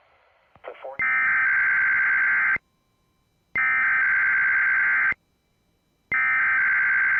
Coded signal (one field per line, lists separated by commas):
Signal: Emergency Alert System (SAME) tones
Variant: header bursts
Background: speech